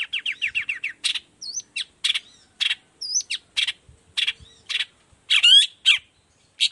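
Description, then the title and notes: Long-tailed shrike song: a fast run of short repeated notes, then harsh buzzy bursts mixed with short whistled slurs and a chattering phrase, in quick succession. Singing persistently in the morning, with the 'toet toet' variation, used as a lure to make other shrikes of any type answer and open their beaks. "Cendet Gacor Dor Di Kala Pagi Toet Toet Variasi Suara. Cendet Gacor Efektif Pancingan Buat Cendet Jenis Apapun Agar Cepat Nyaut Buka Paruh. Burung cendet"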